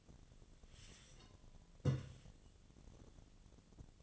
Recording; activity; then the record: daily activity, microphone in the room; take from stove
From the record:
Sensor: 4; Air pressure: 1010.8 hPa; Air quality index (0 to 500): 170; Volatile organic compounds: 5 ppm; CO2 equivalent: 1724 ppm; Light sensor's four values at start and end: 39/111/44/45 and 39/111/44/45